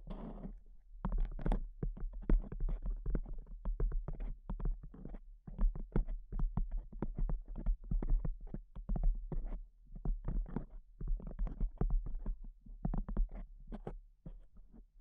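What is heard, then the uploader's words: Fast tapping runs nearly the whole way through, dense clusters of short, dull knocks with only brief pauses, the pace shifting between quicker bursts and slightly slower stretches. A steady low hum sits underneath the taps throughout. ASMR Pure Tapping Fast and Slow (No Talking).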